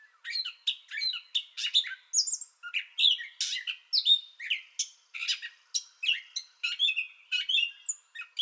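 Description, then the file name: Gray catbird song: a rambling sequence of jumbled whistles, mews and buzzy chips, delivered at a brisk, even rate. Song bout already in progress, recorded 30 May 2021. "2021-05-30 Gray Catbird Song Bout Already Going"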